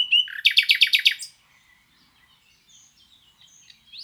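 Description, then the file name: Common nightingale song: a short whistle and then a rapid rattle of about six loud repeated notes, followed by near silence with faint notes. "Luscinia megarhynchos"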